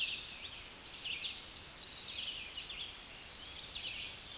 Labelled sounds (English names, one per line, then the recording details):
American Redstart song
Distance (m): 45 m
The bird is about 20 m above the microphone
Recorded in a Pennsylvania forest on 16 May 2024 at 08:53
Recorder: AudioMoth, point MSD-2305
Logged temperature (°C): 16.9 °C
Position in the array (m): 57 m, 233 m